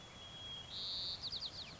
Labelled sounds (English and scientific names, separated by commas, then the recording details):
White-crowned Sparrow (Zonotrichia leucophrys)
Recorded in Sonoma County, California